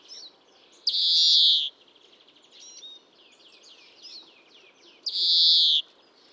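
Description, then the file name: European greenfinch repeating a harsh, nasal wheezing buzz twice, about four seconds apart, with soft twittering and slurred notes between them over faint background noise. "Chloris chloris"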